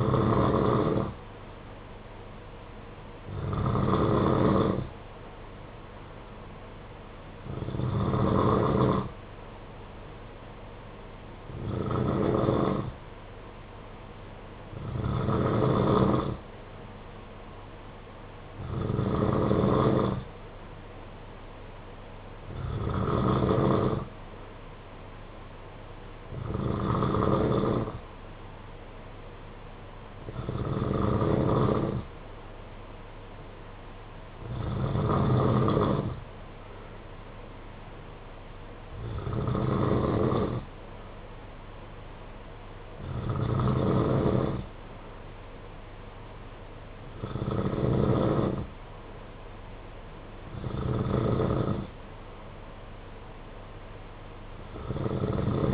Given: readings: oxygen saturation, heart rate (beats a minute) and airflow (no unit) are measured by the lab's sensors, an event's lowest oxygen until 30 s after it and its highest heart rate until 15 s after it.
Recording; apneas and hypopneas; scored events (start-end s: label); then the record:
breathing in sleep by a voice recorder at the bedside; none
none scored
From the record:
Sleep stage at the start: N2 (light sleep); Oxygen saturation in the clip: 91 to 93%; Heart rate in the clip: 53 to 56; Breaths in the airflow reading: 14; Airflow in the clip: -8.4 to 4.8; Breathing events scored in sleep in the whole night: 476 in 9.7 hours asleep